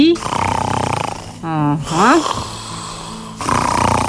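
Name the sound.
lion roaring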